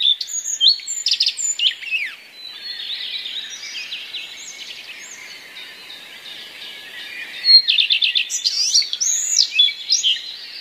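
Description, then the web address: Common redstart song with mimicry: varied high chirps and slurred whistles, a quieter twittering stretch, then another loud burst of mixed notes. Song containing mimicry borrowed from other passerine birds. "wroblowe zapozyczenia pleszka"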